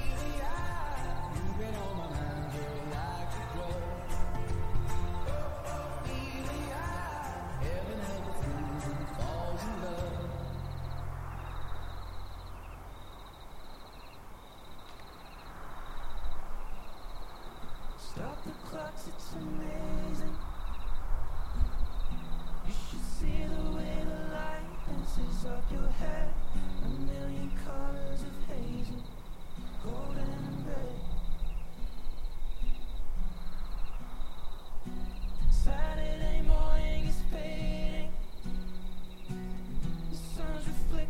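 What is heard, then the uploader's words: Crickets chirp in a steady, high, evenly pulsed trill that runs through most of the recording. Light wind rustles the grass with soft swelling gusts, growing louder after about fifteen seconds, while the opening ten seconds carry a thicker layer of low sound. The only sounds around you are the chirping of the crickets and the light wind in the grass.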